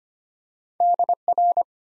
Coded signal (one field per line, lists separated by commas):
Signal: Morse code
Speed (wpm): 25 wpm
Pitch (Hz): 700 Hz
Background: none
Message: DR